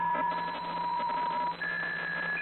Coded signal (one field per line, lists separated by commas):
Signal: PSK63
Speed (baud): 62.5 baud